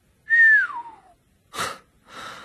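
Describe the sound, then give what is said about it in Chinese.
A single soft whistle, softly blown by Harry Potter in a reading of a Harry Potter story, glides smoothly downward in pitch, trailing off, followed by two short breathy exhales. “哈利轻轻吹出一声口哨。”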